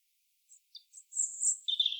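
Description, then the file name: European robin song phrase: scattered thin high notes lead into a shimmering very high warble and a lower trill, cut off abruptly. "Erithacus rubecula"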